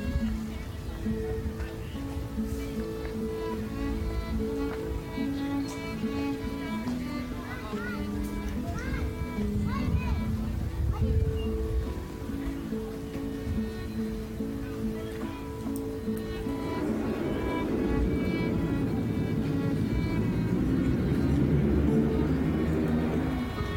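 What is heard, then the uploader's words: A musical performance along a seaside walkway: steady, held low notes ring out for the first sixteen seconds over a bed of outdoor murmur and voices. Then the music stops and a louder, rushing wash, like waves and wind, takes over. Vancouver Sea wall with musical performance.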